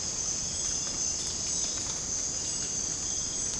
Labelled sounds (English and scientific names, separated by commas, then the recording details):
none
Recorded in dense forest near Puerto Asís, Putumayo, Colombia, on 30 June 2025 at 04:00
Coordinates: 0.486, -76.317
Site G065